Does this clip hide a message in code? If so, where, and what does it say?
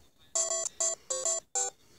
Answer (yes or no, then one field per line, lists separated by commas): no